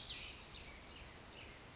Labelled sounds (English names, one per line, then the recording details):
Western Flycatcher
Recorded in Sonoma County, California